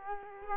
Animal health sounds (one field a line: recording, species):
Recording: mosquito wingbeat signal from an infrared sensor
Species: Culex quinquefasciatus